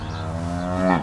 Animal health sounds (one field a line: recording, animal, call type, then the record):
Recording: contact call of a hoofed animal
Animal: cattle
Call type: low-frequency (closed-mouth) or high-frequency (open-mouth) call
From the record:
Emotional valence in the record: negative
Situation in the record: physical separation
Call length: 1.03 s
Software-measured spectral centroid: 1740 Hz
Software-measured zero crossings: 1300 a second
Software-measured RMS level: -23 dBFS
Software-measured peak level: -5 dBFS